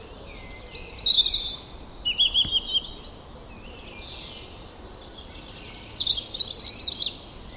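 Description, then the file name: European robin phrases of high warbled and trilled notes, a quiet stretch, then a final rapid jangling burst; a single sharp click midway, light hiss beneath. "Erithacus rubecula"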